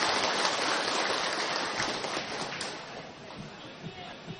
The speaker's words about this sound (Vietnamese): Rồi, chưa nếu chưa hiểu là giờ mới toan phải không? Mới toan phải không? Rồi, cho một tràng pháo tay mới toan.